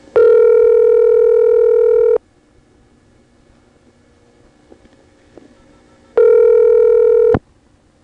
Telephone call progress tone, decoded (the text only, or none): ringback tone